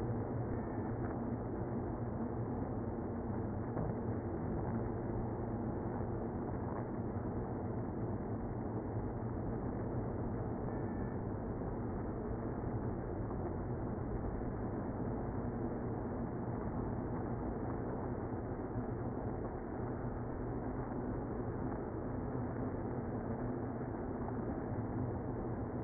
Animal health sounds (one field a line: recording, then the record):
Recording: honeybee colony, microphone inside the hive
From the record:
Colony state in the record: queenless (queen removed)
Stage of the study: after two queens were removed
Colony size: about 60,000 bees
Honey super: yes